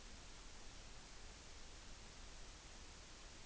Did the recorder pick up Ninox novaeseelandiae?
no